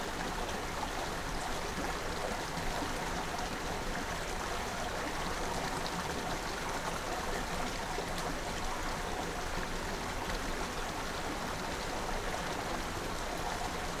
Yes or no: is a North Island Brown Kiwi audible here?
no